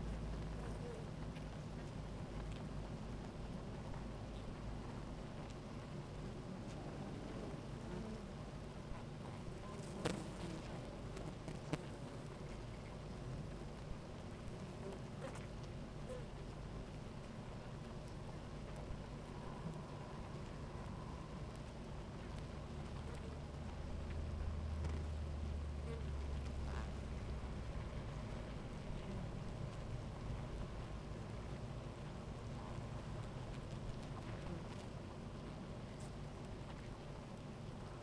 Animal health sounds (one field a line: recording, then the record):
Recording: honeybee colony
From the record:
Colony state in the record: active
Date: 28 July 2017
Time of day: 16:41